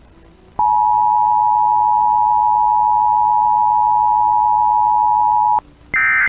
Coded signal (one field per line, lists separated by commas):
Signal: Emergency Alert System (SAME) tones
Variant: 853 and 960 Hz attention tone